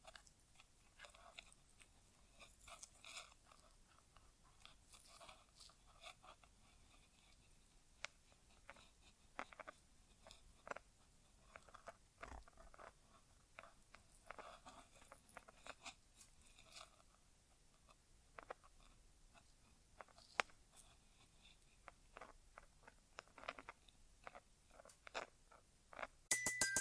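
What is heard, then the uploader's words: An ASMR inner ear exam with no talking: a steady run of soft crackles, taps and rustling bursts that come irregularly every second or so over a quiet, hissy background. A louder, sharper crackle with a brief tone cuts in at the very end. ASMR Inner Ear Exam (No Talking).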